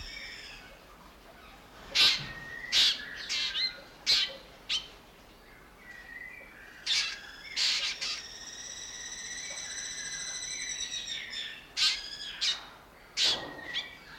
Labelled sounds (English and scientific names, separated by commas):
Black Drongo (Dicrurus macrocercus)